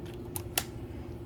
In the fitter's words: Yep, I heard it click and they lock.